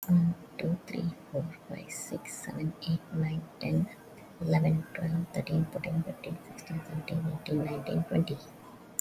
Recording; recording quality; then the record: counting at a normal pace; excellent, no background noise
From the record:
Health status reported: respiratory illness, not identified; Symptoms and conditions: cough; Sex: female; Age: 41 years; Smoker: not ticked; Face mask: worn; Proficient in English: yes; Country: India